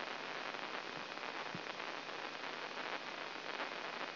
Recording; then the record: brain microelectrode recording played as sound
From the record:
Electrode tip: inside the subthalamic nucleus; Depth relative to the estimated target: -3 mm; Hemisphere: left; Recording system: AlphaMap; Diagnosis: Parkinson's disease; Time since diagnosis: 9 years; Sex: male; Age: 66 years